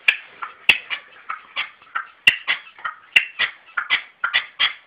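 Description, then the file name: Red-legged partridge harsh repeated calls, quick chuffing notes with a few sharp clicks among them. "perdiz roja-sonido"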